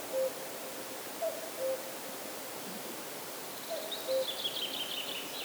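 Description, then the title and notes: Common cuckoo giving soft falling cu-coo notes, two full phrases after a clipped one, with a brief higher chirping bird toward the end. Calling near the Laya river, Arkhangelsk Region, Russia; recorded on a Zoom H4n. "cuckoo, Arkhangelsk Region, Russia. кукушка, в районе реки Лая"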